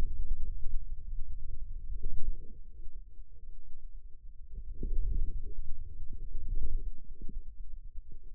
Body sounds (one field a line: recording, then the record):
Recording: forearm muscle sounds (acoustic myography)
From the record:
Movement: wrist extension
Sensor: system 2, bracelet of six BSWA MPA416 microphones around the upper forearm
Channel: 2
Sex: male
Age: 22 years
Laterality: right